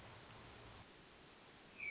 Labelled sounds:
Hermit Thrush
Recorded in Sonoma County, California

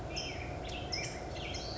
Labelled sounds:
California Towhee
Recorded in Sonoma County, California

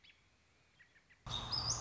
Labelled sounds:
American Robin
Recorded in Sonoma County, California

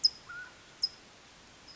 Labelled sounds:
California Towhee
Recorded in Sonoma County, California

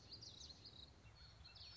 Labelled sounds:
Common Yellowthroat
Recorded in Sonoma County, California

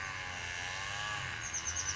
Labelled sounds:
Oak Titmouse
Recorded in Sonoma County, California

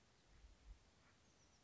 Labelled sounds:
Chestnut-backed Chickadee
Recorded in Sonoma County, California

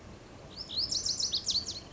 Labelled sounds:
Lazuli Bunting
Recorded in Sonoma County, California

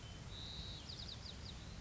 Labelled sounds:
White-crowned Sparrow
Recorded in Sonoma County, California

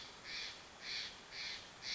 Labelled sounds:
Steller's Jay
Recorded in Sonoma County, California

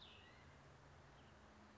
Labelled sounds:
Cassin's Vireo
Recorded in Sonoma County, California

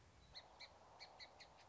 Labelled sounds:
Song Sparrow
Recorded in Sonoma County, California

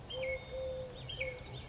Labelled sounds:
Eurasian Collared Dove
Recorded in Sonoma County, California

